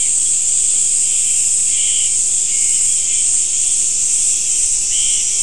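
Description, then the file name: Insects buzz in a steady, high, unbroken drone, with a few short chirpy notes rising above it now and then. "mainly insect"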